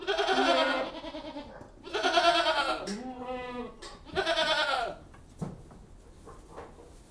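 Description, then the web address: Goats bleating: a few loud harsh bleats in quick succession, then quieter shuffling. General atmosphere inside a goat house; livestock. "BBC Sound Effects Library Livestock General Atmosphere In Goat-House"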